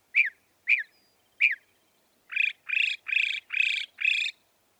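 Northern mockingbird song with three sharp down-slurred chips followed by five repeated buzzy, harsh notes, each phrase type delivered in a clear series.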